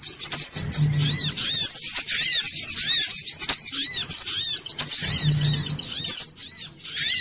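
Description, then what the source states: Little spiderhunter song: continuous shrill chattering with many quick arched notes repeated several times a second, over short bursts of low hum. Masteran recording, used to train cage birds to sing.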